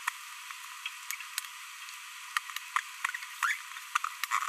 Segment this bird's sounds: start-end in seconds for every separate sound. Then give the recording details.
3.43-3.54. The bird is a female. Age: 22 days. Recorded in a nest box in Venezuela. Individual 17B42B1